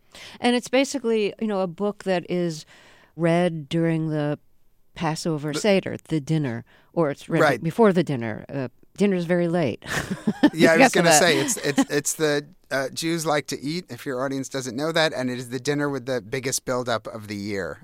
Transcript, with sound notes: And it's basically a, you know, a book that is read during the Passover Seder, the dinner or it's right before the dinner.
Right.
Dinner's very late.
(LAUGHTER)
Yeah. I was going to say, it's the Jews like to eat - if your audience doesn't know that - and it is the dinner with the biggest buildup of the year,